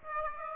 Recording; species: mosquito wingbeat signal from an infrared sensor; Aedes aegypti